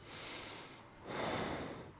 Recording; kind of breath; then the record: one breath in and out by a microphone near the nose and mouth; normal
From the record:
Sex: male